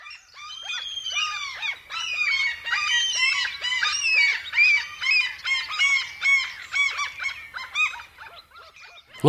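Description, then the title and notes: Common gulls calling in a noisy flock: many overlapping high, mewing cries in quick irregular bursts, with a sudden thump at the end. "Viikon luontoääni: Kalalokki. Juha Laaksonen"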